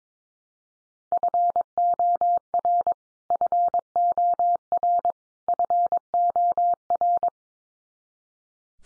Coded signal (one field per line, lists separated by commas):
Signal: Morse code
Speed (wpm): 22 wpm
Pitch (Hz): 700 Hz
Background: none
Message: FOR FOR FOR